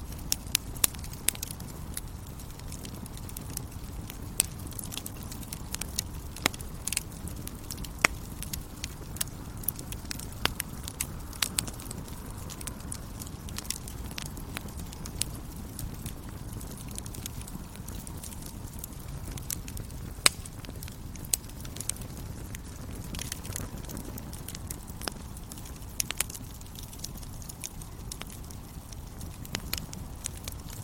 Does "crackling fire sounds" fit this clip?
yes